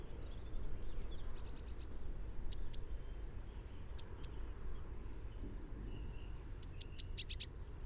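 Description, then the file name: Eurasian blue tit giving scattered high, thin downslurred notes, ending in a short rapid burst of bright notes, over a soft low background rumble. "Cyanistes caeruleus"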